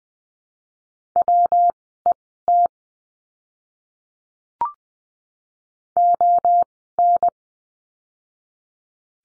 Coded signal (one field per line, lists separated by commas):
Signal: Morse code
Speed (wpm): 20 wpm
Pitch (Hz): 700 Hz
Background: none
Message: WET ON